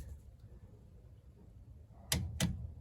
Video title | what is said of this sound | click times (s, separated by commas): DIY - 2014 Kia Sportage 2.0 CRDI: Change the front brake discs (rotors) and pads | go until it clicks that's one | 2.1 s, 2.4 s